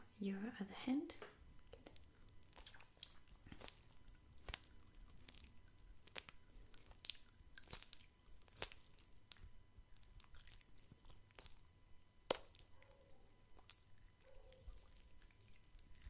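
Tapping and soft handling sounds, with lotion, gloves and cotton being worked. Sharp clicks and taps recur every second or so, some brighter than others, over a low rustling bed. A brief voice-like sound opens the first second, and squishy, wet touches occur throughout.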